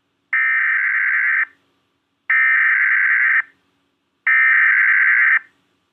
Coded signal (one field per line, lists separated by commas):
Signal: Emergency Alert System (SAME) tones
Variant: header bursts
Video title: One Deutsch EAS